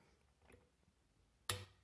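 A cheap Harbor Freight 3/8 click-type torque wrench retightens a loosened bolt on a Lectric XP e-bike, with a faint tick near 0.5 s. A single loud, sharp click sounds at 1.5 s as the wrench reaches its set torque, confirming the bolt is tightened to the correct specification.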